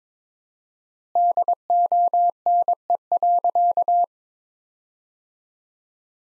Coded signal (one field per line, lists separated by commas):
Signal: Morse code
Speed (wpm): 22 wpm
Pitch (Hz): 700 Hz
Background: none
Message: DONE.